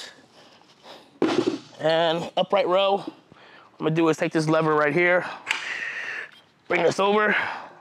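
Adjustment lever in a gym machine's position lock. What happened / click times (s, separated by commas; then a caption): The lever is being moved, not yet locked in / none. Someone talks while taking hold of the adjustment lever on a gym shoulder machine's position lock and swinging it over toward the upright-row position, with a brief sharp handling sound around 5.5 seconds. The lever has not yet locked into place, and nothing has seated or clicked by the end of the clip.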